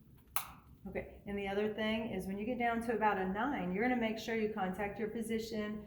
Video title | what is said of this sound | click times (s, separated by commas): DPI Advair | so you opened it up you heard the click your medicine is now sitting in this chamber now | 0.4 s